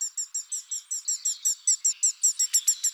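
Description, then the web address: Common chaffinch: a rapid series of short high chirps, about six a second, each with bright upper bands. "Fringilla coelebs"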